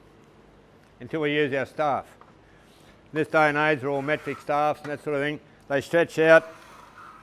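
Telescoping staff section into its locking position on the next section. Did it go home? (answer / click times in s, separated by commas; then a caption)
no / none. A telescoping metric survey staff for a dumpy level is handled, its sections being stretched out toward their locking positions on the next section. A man talks throughout, with faint handling noise between phrases. Nothing has seated or locked into place yet.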